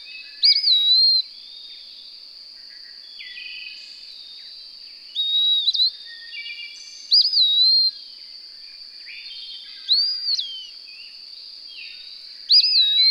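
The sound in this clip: Bird singing short whistled phrases that rise then fall, repeated several times at uneven intervals against a constant high-pitched drone.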